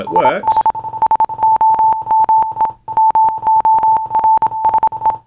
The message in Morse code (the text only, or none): IS SOME MORSE